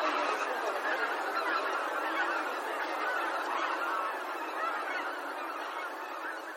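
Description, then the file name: Bean goose flock, rapid overlapping nasal honks forming an unbroken babble. "hisikui"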